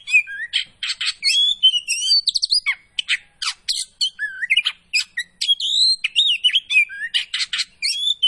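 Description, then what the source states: Oriental magpie-robin song, vigorous and unbroken, alternating buzzy rasping bursts with clear rising and falling whistles. Kacer poci variety, singing vigorously (gacor).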